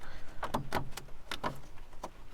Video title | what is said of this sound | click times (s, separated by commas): Radiator Fan Assembly Replacement 07 Ford Edge 3.5L | Snap it back into place there. | 1.3 s